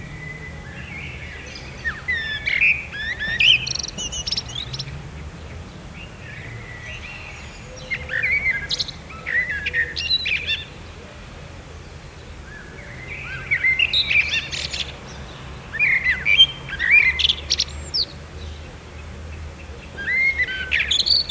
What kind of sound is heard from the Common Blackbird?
song